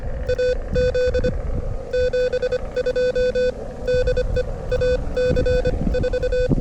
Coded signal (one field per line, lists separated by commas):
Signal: Morse code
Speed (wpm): 25 wpm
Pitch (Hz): 500 Hz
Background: none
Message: AZ 72 DE AC4